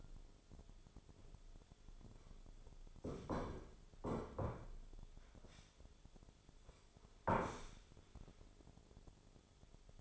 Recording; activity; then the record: daily activity, microphone in the room; sit down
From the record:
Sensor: 5